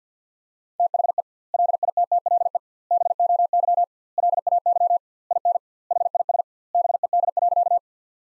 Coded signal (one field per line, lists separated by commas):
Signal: Morse code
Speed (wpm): 50 wpm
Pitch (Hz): 700 Hz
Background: none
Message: THE LITTLE BOY LAY IN HIS BED.